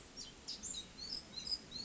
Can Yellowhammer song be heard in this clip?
no